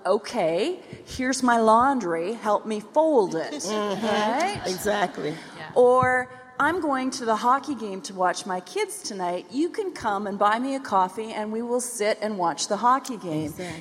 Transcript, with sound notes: “Okay, here’s my laundry. Help me fold it.” (Laughter) Or, “I’m going to the hockey game to watch my kids tonight. You can come and buy me a coffee, and we can sit and watch the hockey game.”